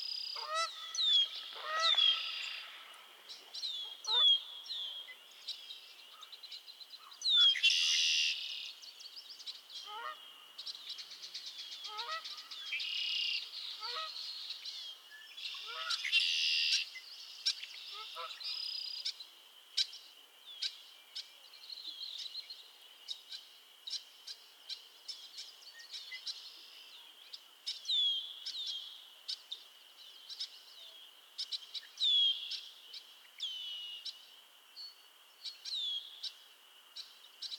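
A chorus of frogs calls at Miners Marsh, with a steady high trill running through the whole clip. Over it come rapid clicking bursts and brighter croaks, busiest in the first twenty seconds, with loud flares near 8 and 16 seconds.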